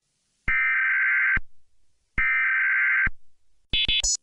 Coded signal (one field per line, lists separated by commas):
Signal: Emergency Alert System (SAME) tones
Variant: header bursts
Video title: EAS Scenario - Chernobyl Reactor Disease -